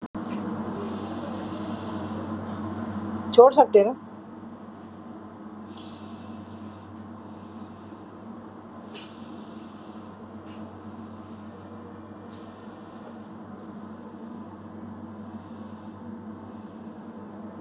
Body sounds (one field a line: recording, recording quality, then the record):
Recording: deep breathing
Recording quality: excellent, no background noise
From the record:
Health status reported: COVID-19 positive, mild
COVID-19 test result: positive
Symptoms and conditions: loss of smell and taste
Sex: female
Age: 55 years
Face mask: not worn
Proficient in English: yes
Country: India